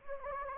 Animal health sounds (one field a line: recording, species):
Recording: mosquito wingbeat signal from an infrared sensor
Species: Anopheles gambiae